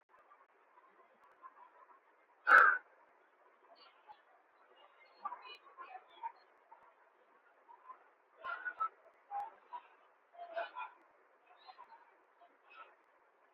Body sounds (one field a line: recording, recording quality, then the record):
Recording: deep breathing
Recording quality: poor, much background noise or distortion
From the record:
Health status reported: COVID-19 positive, moderate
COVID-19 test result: positive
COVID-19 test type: RT-PCR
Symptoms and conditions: cough, cold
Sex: male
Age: 24 years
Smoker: no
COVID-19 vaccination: both doses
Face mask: not worn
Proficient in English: yes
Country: India